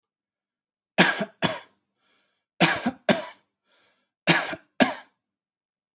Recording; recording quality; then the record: heavy voluntary cough; excellent, no background noise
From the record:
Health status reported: healthy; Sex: male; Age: 34 years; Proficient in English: yes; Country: India